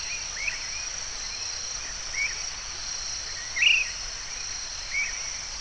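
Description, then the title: Bird calling with thin whistled chirps at irregular intervals, one louder bright note near the end, against a steady shrill insect-like hiss. "LuckyPassaro Completos2Sama"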